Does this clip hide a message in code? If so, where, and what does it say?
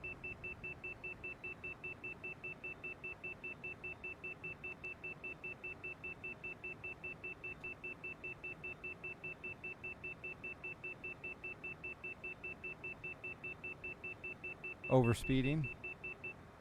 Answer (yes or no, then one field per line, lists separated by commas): no